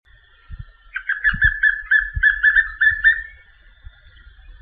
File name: Canto do papinho amarelo